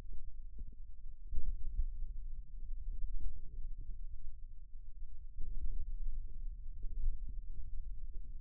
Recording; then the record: forearm muscle sounds (acoustic myography)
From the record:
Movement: finger pinch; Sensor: system 2, bracelet of six BSWA MPA416 microphones around the upper forearm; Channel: 1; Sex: male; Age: 22 years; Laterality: right